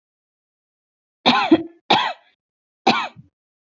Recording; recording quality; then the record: shallow voluntary cough; excellent, no background noise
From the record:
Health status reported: healthy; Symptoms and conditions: none ticked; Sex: female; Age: 25 years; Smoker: not ticked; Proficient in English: yes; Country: India